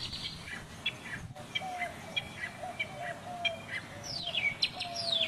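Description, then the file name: Northern mockingbird singing scattered chirps, then downward-sweeping slurred notes. "Northern Mockingbird"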